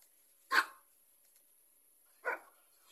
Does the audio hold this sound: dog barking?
yes